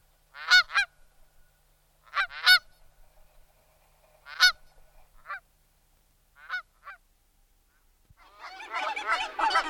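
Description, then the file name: Canada goose giving sharp, high honks in pairs and singles at irregular gaps, ending in a burst of overlapping, noisy flock calls during the last two seconds. "berneška-kanadská"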